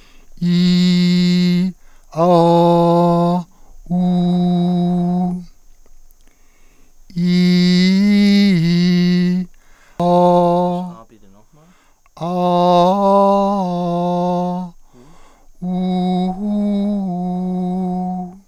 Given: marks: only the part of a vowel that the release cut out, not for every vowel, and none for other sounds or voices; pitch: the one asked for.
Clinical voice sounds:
sustained vowels; male; 50 to 59 years
0.53-1.54 s: vowel /i/, high pitch
2.44-3.24 s: vowel /a/, high pitch
4.04-5.20 s: vowel /u/, high pitch
7.31-9.26 s: vowel /i/, low-high-low pitch
12.40-14.43 s: vowel /a/, low-high-low pitch
15.79-18.05 s: vowel /u/, low-high-low pitch
From the record:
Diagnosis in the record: healthy voice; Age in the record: 59 years

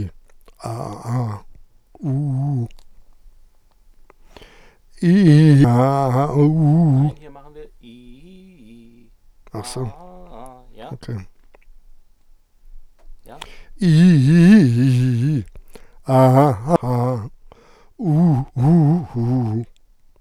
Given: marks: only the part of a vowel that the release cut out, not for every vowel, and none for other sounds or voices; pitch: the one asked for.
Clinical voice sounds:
sustained vowels; male; 70 to 79 years
0.67-1.34 s: vowel /a/, low pitch
2.07-2.62 s: vowel /u/, low pitch
6.47-6.98 s: vowel /u/, high pitch
13.96-15.30 s: vowel /i/, low-high-low pitch
18.10-19.56 s: vowel /u/, low-high-low pitch
From the record:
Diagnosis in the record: contact pachydermia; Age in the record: 70 years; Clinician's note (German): Z.B. spasmodische Dysphonie

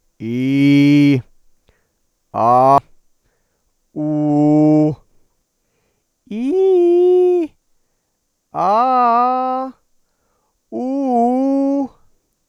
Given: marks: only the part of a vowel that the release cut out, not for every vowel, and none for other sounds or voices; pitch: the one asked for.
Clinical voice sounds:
sustained vowels; male; 40 to 49 years
0.46-1.10 s: vowel /i/, low pitch
4.12-4.82 s: vowel /u/, low pitch
6.37-7.31 s: vowel /i/, low-high-low pitch
8.68-9.54 s: vowel /a/, low-high-low pitch
10.84-11.75 s: vowel /u/, low-high-low pitch
From the record:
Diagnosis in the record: dysphonia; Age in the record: 41 years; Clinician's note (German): Funktionell

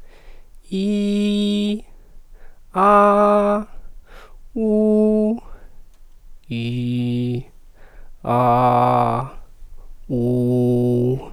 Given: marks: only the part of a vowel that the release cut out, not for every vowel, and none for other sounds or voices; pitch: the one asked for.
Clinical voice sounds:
sustained vowels; male; 20 to 29 years
0.81-1.65 s: vowel /i/, high pitch
2.84-3.50 s: vowel /a/, high pitch
4.65-5.26 s: vowel /u/, high pitch
6.58-7.31 s: vowel /i/, low pitch
8.37-9.04 s: vowel /a/, low pitch
10.21-11.07 s: vowel /u/, low pitch
From the record:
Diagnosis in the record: healthy voice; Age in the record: 20 years

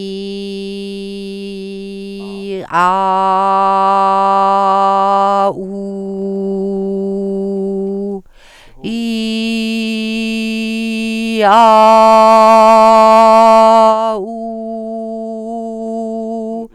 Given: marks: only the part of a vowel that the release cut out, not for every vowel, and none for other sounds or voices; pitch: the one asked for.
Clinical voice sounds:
sustained vowels; female; 60 to 69 years
0.00-1.94 s: vowel /i/, normal pitch
3.15-5.12 s: vowel /a/, normal pitch
6.32-8.00 s: vowel /u/, normal pitch
9.16-11.14 s: vowel /i/, high pitch
14.50-16.48 s: vowel /u/, high pitch
From the record:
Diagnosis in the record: singing voice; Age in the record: 61 years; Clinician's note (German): Ausgebildet

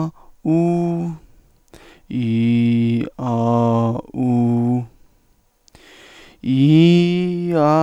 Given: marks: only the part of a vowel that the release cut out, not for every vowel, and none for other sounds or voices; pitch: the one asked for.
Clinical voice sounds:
sustained vowels; male; 20 to 29 years
0.50-1.05 s: vowel /u/, high pitch
2.20-2.97 s: vowel /i/, low pitch
3.27-3.90 s: vowel /a/, low pitch
4.22-4.76 s: vowel /u/, low pitch
6.53-7.42 s: vowel /i/, low-high-low pitch
From the record:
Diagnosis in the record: stuttering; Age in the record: 23 years

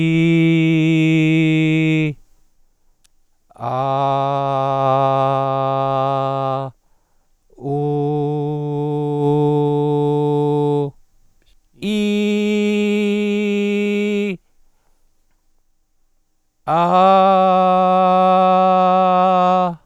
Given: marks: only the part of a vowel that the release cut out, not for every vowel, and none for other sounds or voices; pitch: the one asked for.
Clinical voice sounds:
sustained vowels; male; 40 to 49 years
0.00-1.93 s: vowel /i/, normal pitch
4.12-6.09 s: vowel /a/, normal pitch
9.32-10.72 s: vowel /u/, normal pitch
12.10-14.04 s: vowel /i/, high pitch
17.36-19.29 s: vowel /a/, high pitch
From the record:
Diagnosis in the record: oropharyngeal tumor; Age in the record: 43 years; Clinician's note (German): Zustand nach Mesopharynx-OP + Radiatio; Ödem Aryhöcker

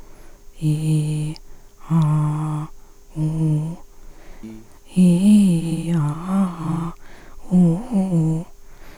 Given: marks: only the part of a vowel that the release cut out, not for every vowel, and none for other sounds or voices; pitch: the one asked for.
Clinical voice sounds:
sustained vowels; female; 50 to 59 years
0.64-1.31 s: vowel /i/, low pitch
1.92-2.62 s: vowel /a/, low pitch
3.19-3.73 s: vowel /u/, low pitch
4.99-5.80 s: vowel /i/, low-high-low pitch
5.96-6.87 s: vowel /a/, low-high-low pitch
7.55-8.37 s: vowel /u/, low-high-low pitch
From the record:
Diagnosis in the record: recurrent laryngeal nerve paralysis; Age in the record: 57 years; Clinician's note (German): Idiopatische Form, beidseitig

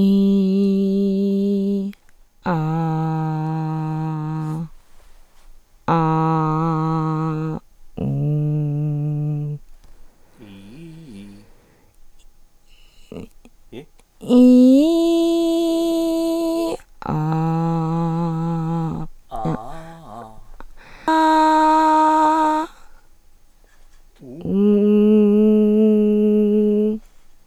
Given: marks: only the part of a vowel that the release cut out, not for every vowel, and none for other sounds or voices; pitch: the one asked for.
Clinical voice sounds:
sustained vowels; female; 30 to 39 years
0.59-1.80 s: vowel /i/, low pitch
2.61-4.32 s: vowel /a/, low pitch
8.40-9.38 s: vowel /u/, low pitch
14.47-15.61 s: vowel /i/, low-high-low pitch
17.38-18.84 s: vowel /a/, low-high-low pitch
24.96-26.85 s: vowel /u/, low-high-low pitch
From the record:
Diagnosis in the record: mixed nasality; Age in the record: 32 years

